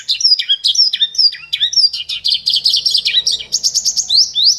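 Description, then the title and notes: Bird song, brisk high chirps and downslurred whistles running into rapid repeated notes and a rising whistle at the end. Bird song used to train (master) pet birds. "Suara Burung. Suara Kicauan Burung untuk memaster burung kesayangan"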